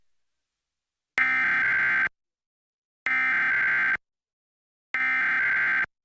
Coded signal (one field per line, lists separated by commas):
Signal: Emergency Alert System (SAME) tones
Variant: header bursts